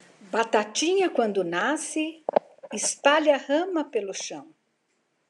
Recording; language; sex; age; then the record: short text; Brazilian Portuguese; female; 60 to 69 years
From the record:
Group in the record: control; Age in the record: 63 years